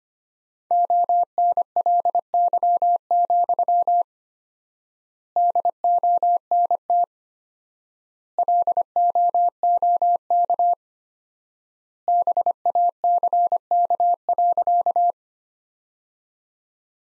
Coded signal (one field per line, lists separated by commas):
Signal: Morse code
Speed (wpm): 25 wpm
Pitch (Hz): 700 Hz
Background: none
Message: ONLY, DONT LOOK BACK.